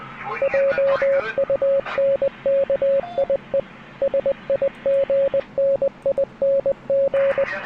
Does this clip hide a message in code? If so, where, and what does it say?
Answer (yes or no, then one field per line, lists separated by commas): yes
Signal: Morse code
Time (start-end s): 0.4-7.4 s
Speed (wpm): 20 wpm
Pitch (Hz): 550 Hz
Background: speech, radio noise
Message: JUNKIE SIGNING